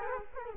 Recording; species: mosquito wingbeat signal from an infrared sensor; Culex quinquefasciatus